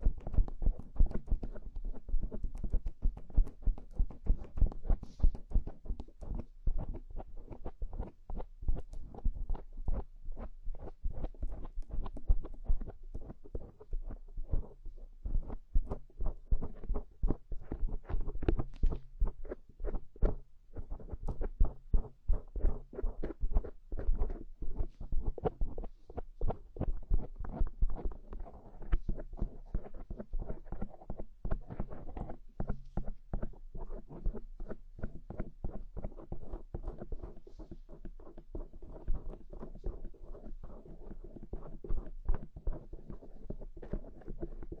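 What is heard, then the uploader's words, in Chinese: Various sticks cleaning inside the ears make a dense, continuous stream of soft scratching and rubbing. Quick dull thumps and brushing strokes tumble over one another with little pause for the whole 45 seconds, mostly low and muffled, with brief crisp scrapes now and then. 用各种棒棒清理你的耳朵。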